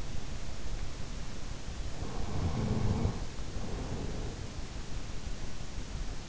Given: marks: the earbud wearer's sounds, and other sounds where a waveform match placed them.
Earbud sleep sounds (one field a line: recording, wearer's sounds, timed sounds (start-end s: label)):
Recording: sounds in sleep by an in-ear microphone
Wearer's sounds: snoring breath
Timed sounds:
1.85-4.64 s: snoring breath